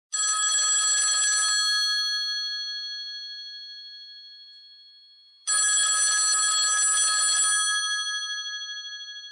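An old-fashioned telephone bell rings twice in a house, each bright metallic trill lasting over a second, separated by a pause of several seconds, with a ringing tail after each burst and no voices.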